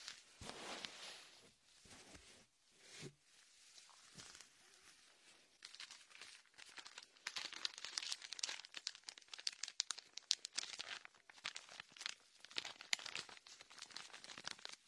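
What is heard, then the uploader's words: Latex gloves massage an ear coated in shaving foam, giving bright, squelching crinkles and rubbing strokes. The first few seconds are sparser, with separate slow swipes and pauses. From about six seconds on the sound turns dense and continuous, with rapid crackly squishes that keep changing. Latex ear massage with shaving foam for comfort.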